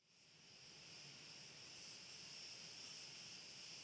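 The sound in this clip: Cricket chorus fades in and holds as a continuous shrill trill, with soft wind rumble underneath.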